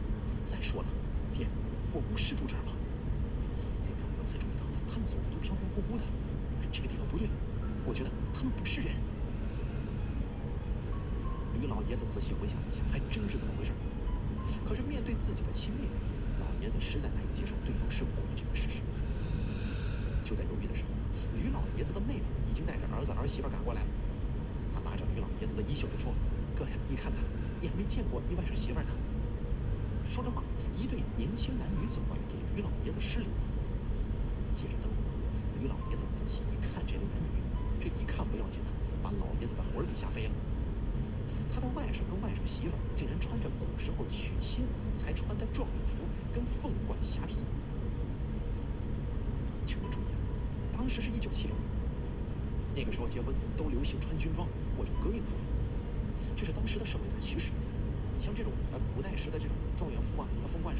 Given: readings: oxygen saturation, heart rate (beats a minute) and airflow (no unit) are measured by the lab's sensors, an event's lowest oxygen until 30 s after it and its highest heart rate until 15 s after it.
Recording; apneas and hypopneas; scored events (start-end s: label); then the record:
breathing in sleep by a smartphone at the bedside; 1
38.00-50.90 s: hypopnea (N1, oxygen 94% highest, then 94% lowest)
From the record:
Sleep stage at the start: N1 (lightest sleep); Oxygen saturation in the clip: 94%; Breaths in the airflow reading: 20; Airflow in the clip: -1.7 to 3.3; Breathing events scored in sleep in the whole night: 335 in 6.7 hours asleep